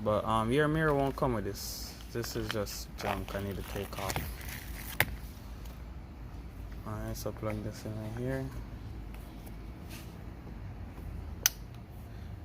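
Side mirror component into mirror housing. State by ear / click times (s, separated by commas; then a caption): seated / 11.5 s. During a Kia Forte side mirror replacement, a mirror component is pushed into its mirror housing while someone talks. A sharp snap is heard at 5.0 s, and another sharp, loud snap at 11.5 s marks the component locking into place, seated.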